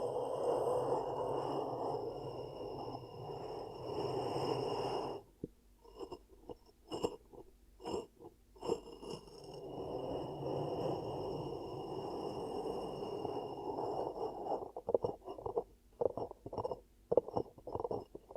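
Ear cupping sounds: a muffled, steady low rush for five seconds, then choppy bursts and pauses, returning to a rush with scattered thumps.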